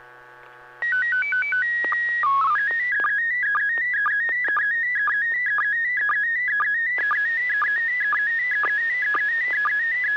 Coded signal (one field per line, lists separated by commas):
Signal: SSTV (slow-scan television)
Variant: PD 120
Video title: N6NA SSTV Net - 07/21/2021